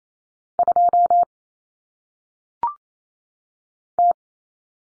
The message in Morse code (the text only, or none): 2 T